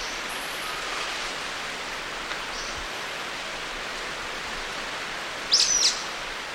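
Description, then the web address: Sulphur-bellied flycatcher giving a single squeaky call near the end, against steady hiss with faint bird notes. Eastern lowlands of South America. "Natures Songs S America Eastern Lowlands. Sulphur-bellied Flycatcher"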